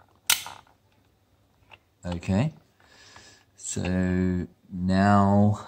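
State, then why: Seated. The plastic slider of a home sperm test device is pushed forward toward the sample and clicks into place with a sharp snap at 0.3 s. After a few faint handling sounds, someone talks.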